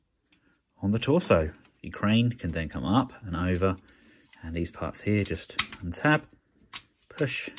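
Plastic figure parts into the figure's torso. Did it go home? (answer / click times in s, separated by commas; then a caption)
no / none. Plastic parts of a Devil Saviour DS-03 Compressor robot figure (Revenge of the Fallen Overload) are handled and pushed toward its torso during transformation, with the crane brought up and over, while someone talks. Faint handling taps are heard, but nothing has seated or clicked into place yet.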